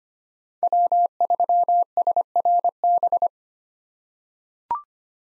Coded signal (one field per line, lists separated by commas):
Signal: Morse code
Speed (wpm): 25 wpm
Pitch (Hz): 700 Hz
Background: none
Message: W3SRB